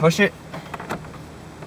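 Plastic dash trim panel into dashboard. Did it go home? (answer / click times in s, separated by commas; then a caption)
yes / 0.7 s. Someone talks briefly as a plastic dash trim panel is pushed into the dashboard of a Ford or Mazda while replacing the radio. Its clips snap into place with a sharp click at 0.7 s, followed by softer clicks at 0.8 s and 0.9 s. The panel is seated.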